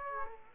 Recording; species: mosquito wingbeat signal from an infrared sensor; Aedes aegypti